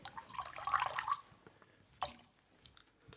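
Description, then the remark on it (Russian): Tea is poured into mugs set on a crate in a dugout: a bubbling, gurgling wash for about a second and a half, then scattered drips and small splashes follow, ending in a sharp clink. “Все достают кружки, ставят на ящик. Зям, разливай.”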